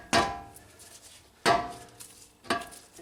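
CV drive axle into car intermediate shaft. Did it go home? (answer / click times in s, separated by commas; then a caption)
no / none. The inner end of a steel CV drive axle on a 1999 Honda Accord V6 (1998–2002 similar) is tapped with a hammer into the car's intermediate shaft. Three sharp, ringing metallic hammer strikes land at about 0.1, 1.4 and 2.5 seconds, each decaying between blows. Nothing has seated or clicked yet; the retaining clip has not locked by the end of the clip.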